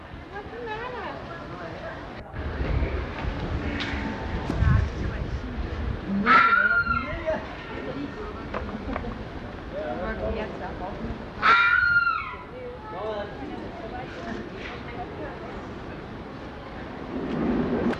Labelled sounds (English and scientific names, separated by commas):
Corsac Fox (Vulpes corsac) barking